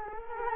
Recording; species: mosquito wingbeat signal from an infrared sensor; Culex quinquefasciatus